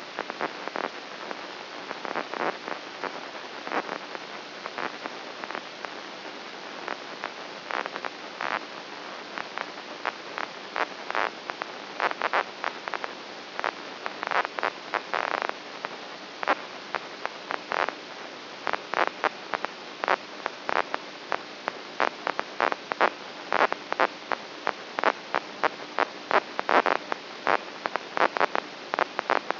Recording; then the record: brain microelectrode recording played as sound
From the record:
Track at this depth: inside the subthalamic nucleus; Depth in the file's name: 2.44 mm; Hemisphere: right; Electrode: 2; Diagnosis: Parkinson's disease